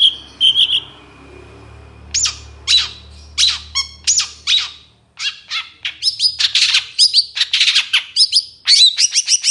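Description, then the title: Long-tailed shrike song: a few brief notes, then a rapid jumble of harsh chattering notes, sharp chips and whistled phrases, ending in fast repeated notes. Singing in the morning; clear, varied song with repeated "toet toet" notes, described as easy to imitate. "Cendet Gacor Dor Di Kala Pagi Toet Toet Variasi Suara Jernih Mudah Di Tiru"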